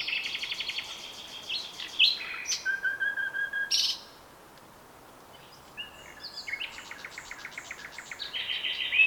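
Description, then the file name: Common nightingale song of fast repeated notes, pure whistles and sharp chips, with a pause before another rattling sequence begins. "Luscinia megarhynchos"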